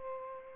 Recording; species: mosquito wingbeat signal from an infrared sensor; Culex pipiens